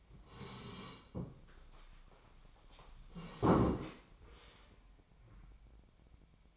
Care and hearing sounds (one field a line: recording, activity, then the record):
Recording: daily activity, microphone in the room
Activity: sit down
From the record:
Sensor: 1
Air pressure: 1015.3 hPa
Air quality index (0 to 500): 151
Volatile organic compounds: 8 ppm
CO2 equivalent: 2086 ppm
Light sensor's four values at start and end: 12/30/12/13 and 12/30/12/13